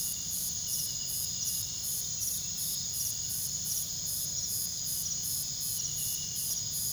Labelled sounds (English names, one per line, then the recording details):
none
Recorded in pastures near Puerto Asís, Putumayo, Colombia, on 20 February 2024 at 05:30
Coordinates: 0.486, -76.323
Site G6462